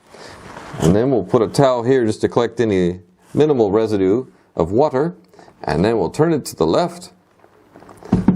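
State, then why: Released. A plastic filter cartridge in the head of an ICEPURE WFS5300A under-sink water filtration system is twisted to the left to remove it, with a towel placed beneath to catch any residual water. Someone talks, and then soft scraping ticks lead to a sharp click at 8.3 s as the cartridge releases and comes free.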